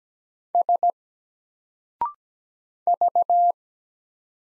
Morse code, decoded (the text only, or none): S V